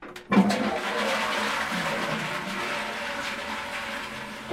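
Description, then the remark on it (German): A toilet flushes with a sudden rush of water that starts with a sharp burst, then settles into a steady, loud, hissing gush of water draining and refilling for several seconds. “Wie gut, dass du die Toilette nicht vorher abgezogen hast.”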